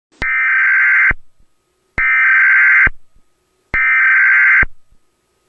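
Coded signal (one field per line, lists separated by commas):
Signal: Emergency Alert System (SAME) tones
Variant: header bursts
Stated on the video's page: Recreated EAS Emergency Action Notification alarm, a fixed version.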